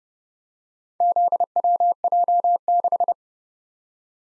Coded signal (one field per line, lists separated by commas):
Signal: Morse code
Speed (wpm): 30 wpm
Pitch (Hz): 700 Hz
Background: none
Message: ZWJ6